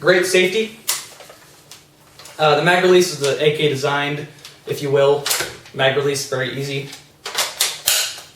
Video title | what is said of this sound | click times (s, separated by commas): CYMA M14 review | Clicks in place very nicely | 7.9 s